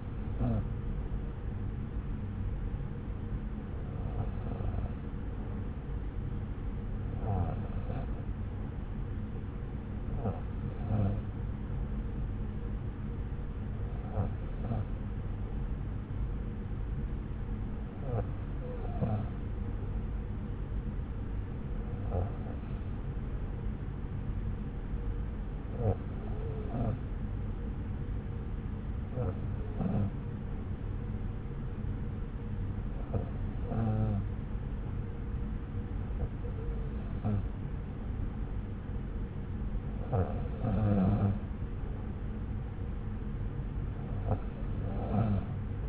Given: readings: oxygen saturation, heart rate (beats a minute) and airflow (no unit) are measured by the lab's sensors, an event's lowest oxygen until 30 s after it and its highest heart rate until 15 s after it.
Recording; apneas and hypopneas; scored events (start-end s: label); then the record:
breathing in sleep by a smartphone at the bedside; none
none scored
From the record:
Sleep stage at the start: N2 (light sleep); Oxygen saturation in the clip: 91 to 92%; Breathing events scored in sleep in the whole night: 303 in 8.1 hours asleep